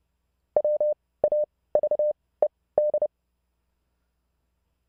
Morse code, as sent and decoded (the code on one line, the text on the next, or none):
.-- .- ...- . -..
WAVED